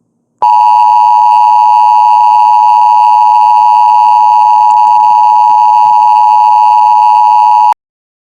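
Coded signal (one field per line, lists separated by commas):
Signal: Emergency Alert System (SAME) tones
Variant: 853 and 960 Hz attention tone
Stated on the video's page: Fictional horror alert scenario.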